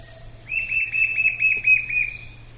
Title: LuckyPassaro Completos2Sama. White-shouldered Fire-eye (Pyriglena leucoptera)